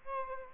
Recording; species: mosquito wingbeat signal from an infrared sensor; Aedes albopictus